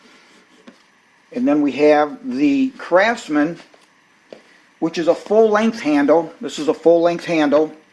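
Someone talks while handling the full-length carry handle on the lid of a Craftsman tool box, which locks at the top where aluminium meets plastic. Only two faint, brief ticks near 0.7 s and 4.3 s sound under the speech, and nothing has seated or clicked into place yet.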